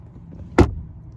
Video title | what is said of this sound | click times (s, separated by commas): How to Replace Cabin Air Filter and Engine Air Filter for a 2013 Toyota Corolla. | and popped into place. | 0.6 s